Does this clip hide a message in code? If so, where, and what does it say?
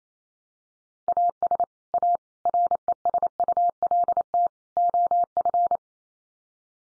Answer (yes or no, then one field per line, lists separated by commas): yes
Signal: Morse code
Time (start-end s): 1.1-5.8 s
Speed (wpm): 28 wpm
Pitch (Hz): 700 Hz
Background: none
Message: AS A RESULT OF